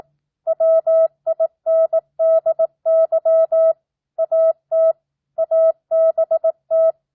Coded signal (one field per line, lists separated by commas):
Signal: Morse code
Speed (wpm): 18 wpm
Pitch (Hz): 650 Hz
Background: none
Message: WINDY AT ABT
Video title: Morse Code Practice 12th Grade